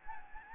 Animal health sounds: mosquito wingbeat signal from an infrared sensor; Anopheles gambiae

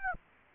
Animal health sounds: mosquito wingbeat signal from an infrared sensor; Aedes aegypti

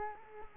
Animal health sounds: mosquito wingbeat signal from an infrared sensor; Culex quinquefasciatus

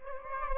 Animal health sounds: mosquito wingbeat signal from an infrared sensor; Aedes albopictus

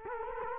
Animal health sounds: mosquito wingbeat signal from an infrared sensor; Culex quinquefasciatus

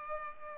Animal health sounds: mosquito wingbeat signal from an infrared sensor; Culex pipiens

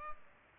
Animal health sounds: mosquito wingbeat signal from an infrared sensor; Culex pipiens

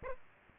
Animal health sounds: mosquito wingbeat signal from an infrared sensor; Aedes aegypti

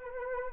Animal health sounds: mosquito wingbeat signal from an infrared sensor; Anopheles arabiensis

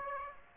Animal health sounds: mosquito wingbeat signal from an infrared sensor; Aedes aegypti

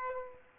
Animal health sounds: mosquito wingbeat signal from an infrared sensor; Aedes aegypti

